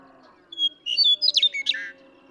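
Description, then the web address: Western meadowlark song: a brief whistle, a pause, then a flutelike run of slurred, gurgling notes. "birdsongforthecurious songs Western Meadowlark"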